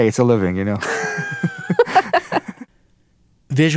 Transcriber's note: laughter